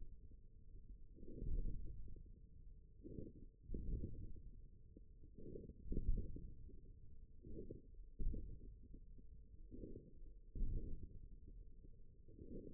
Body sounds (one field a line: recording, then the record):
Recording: forearm muscle sounds (acoustic myography)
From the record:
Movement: ulnar deviation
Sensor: system 1, eight BSWA MPA416 microphones around the upper forearm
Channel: 3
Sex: male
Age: 41 years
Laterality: right